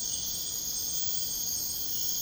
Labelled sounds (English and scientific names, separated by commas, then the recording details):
none
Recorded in pastures near Puerto Asís, Putumayo, Colombia, on 13 March 2025 at 03:00
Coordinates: 0.502, -76.324
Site GP07